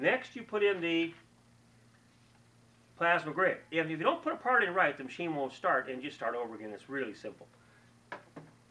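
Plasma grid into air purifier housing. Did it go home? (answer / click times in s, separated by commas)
yes / 8.1 s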